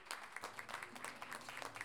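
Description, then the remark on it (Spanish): Audience applause for the first round of a payador counterpoint duel on Payador Day: a dense, steady patter of many hands clapping, bright and crackly, holding at an even level without pause throughout. “Recibimos un aplauso a la primera llave, queridos amigos.”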